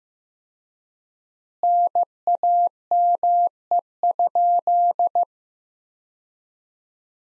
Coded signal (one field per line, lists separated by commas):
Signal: Morse code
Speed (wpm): 15 wpm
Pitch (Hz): 700 Hz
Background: none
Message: NAME?